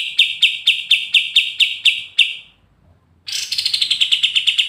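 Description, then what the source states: Pied triller: a measured series of sharp notes about four per second, a second of silence, then a fast, dense trill beginning higher and easing downward. Energetic, persistent singing (gacor ngegas) in the brenciu style, used as masteran.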